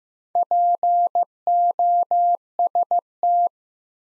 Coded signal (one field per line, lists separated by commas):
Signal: Morse code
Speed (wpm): 15 wpm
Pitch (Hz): 700 Hz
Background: none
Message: POST